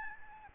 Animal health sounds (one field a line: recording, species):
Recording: mosquito wingbeat signal from an infrared sensor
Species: Aedes albopictus